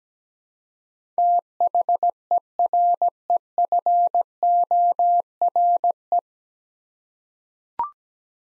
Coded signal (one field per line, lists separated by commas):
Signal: Morse code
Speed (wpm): 17 wpm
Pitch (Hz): 700 Hz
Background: none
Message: THEREFORE